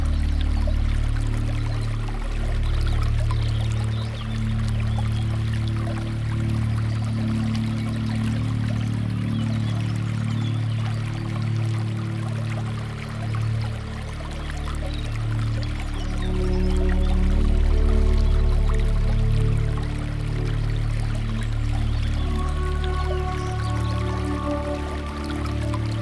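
Water runs steadily through the garden, a continuous pouring flow with a strong low rumble and dense splashing texture throughout. The level stays fairly even, with faint higher tones appearing in the later part.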